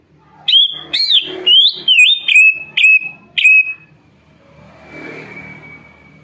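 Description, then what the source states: Leafbird song: a series of loud, clear whistled notes, about two a second, mostly sliding down and levelling off, followed by quieter hissy noise. Caged-bird training recording (masteran and pancingan) of an energetic, actively singing bird.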